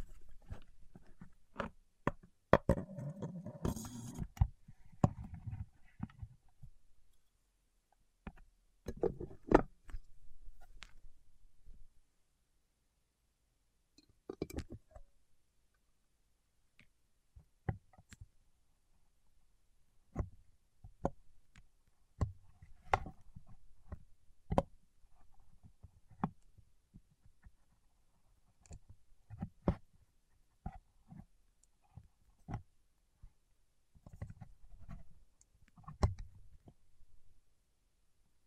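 Fingertips tap and press on wax in irregular soft clicks and dull thuds, thickest in the first six seconds, then sparse with silent gaps.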